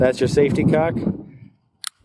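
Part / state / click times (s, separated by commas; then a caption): revolver hammer locking at full cock on the frame / seated / 1.9 s. Someone talks while the hammer of a North American Arms PUG mini revolver is pulled further back on the frame. At 1.9 s it locks at full cock with a crisp click.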